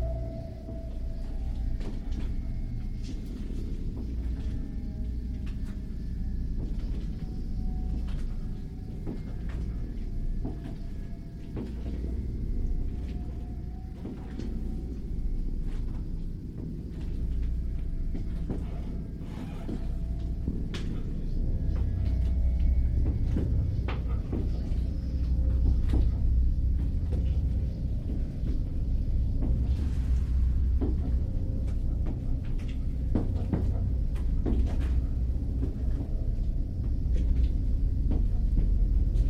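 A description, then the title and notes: Walking through passageways, with scattered footsteps and small knocks over a constant low rumble that grows heavier and louder after about twenty seconds. Faint steady tones hum through, joined by brief higher beeps, and sharp clicks and thumps recur every few seconds. The Ambient Spaceship Soundscape. Connecting these are various sections of passageways, walking on soft and hard textured surfaces, and various computer-controlled monitors and timers heard along the way.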